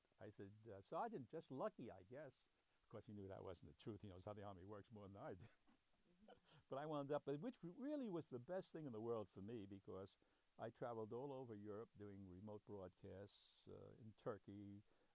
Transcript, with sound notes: I said, "Sergeant, just lucky, I guess." Of course, he knew that wasn't the truth. He knows how the Army works more than I did. [chuckles] But I wound up, which really was the best thing in the world for me because I traveled all over Europe doing remote broadcasts in Turkey.